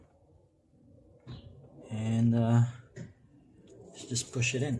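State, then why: Not seated. A T10 LED bulb for a side marker lamp socket is picked up and handled before being pushed into the socket. Someone talks over faint handling noises. Nothing has seated or clicked yet.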